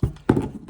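The height-adjustment trigger piece of an in-ground basketball hoop is pushed into the adjustment handle bracket. A dull knock comes first, then a sharp click at 0.3 s as it locks into place, followed by a faint tap. The trigger piece is seated.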